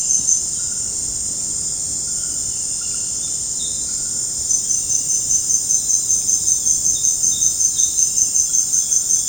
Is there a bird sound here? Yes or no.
no